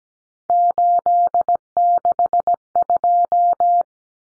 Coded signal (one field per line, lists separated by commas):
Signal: Morse code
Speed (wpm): 17 wpm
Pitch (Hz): 700 Hz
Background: none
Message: 862